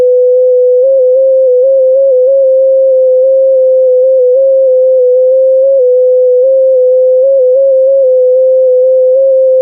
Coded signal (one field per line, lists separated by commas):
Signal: FT8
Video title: US-3455 POTA Activation - N6ACA